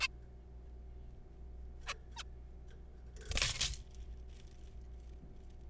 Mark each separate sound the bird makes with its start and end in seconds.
0.01-0.07, 1.86-1.93, 2.17-2.23